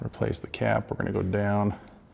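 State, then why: Not seated. The plastic battery compartment cap of a Sperry voltage tester is being put back onto the tester housing, with its front side about to be pressed down to lock in. Someone talks throughout, and the cap has not seated or clicked yet.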